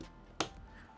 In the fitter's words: So you hear a nice click, and then from the top.